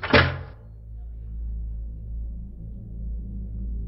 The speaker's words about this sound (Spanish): cierra la puerta, por favor.